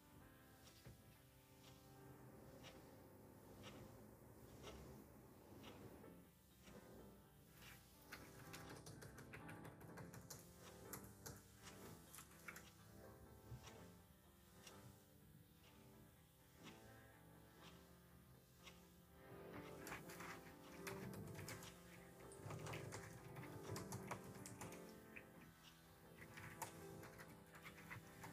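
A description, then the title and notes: A lofi instrumental with sustained chords and a steady low bass plays throughout, layered with a clock's regular ticking and clicky keyboard taps. The clicks stay frequent and even, and the music grows fuller and busier from about 20 to 27 seconds. Ticking clock, keyboard, lofi music, kpop instr.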